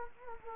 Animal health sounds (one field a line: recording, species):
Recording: mosquito wingbeat signal from an infrared sensor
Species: Anopheles gambiae